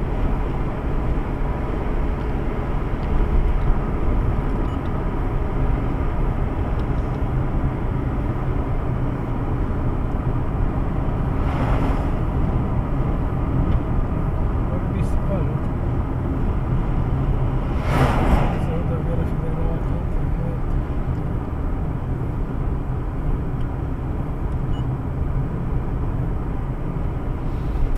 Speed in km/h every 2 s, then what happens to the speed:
86, 85, 81, 77, 75, 74, 72, 69, 64, 61, 59, 59, 59, 58.
0-17 slows to 61. 17-28 steady at about 59.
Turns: none.